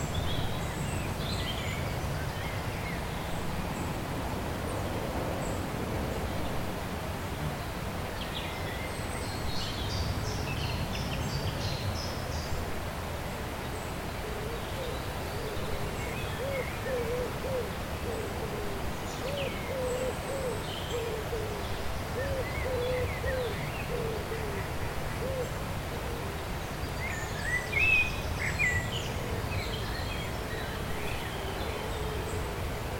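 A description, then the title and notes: A river flows steadily with a dense, low rushing that never lets up. Scattered bird calls sound thinly above it, brief chirps and whistles that come and go, a little clearer near the middle and toward the end. Crecy-Couvé - La Blaise river. The time in which the river is changing, following the upcoming night. The last sounds of the birds, while the flow of water doesn't stop. Recorded by Cristian Estrella.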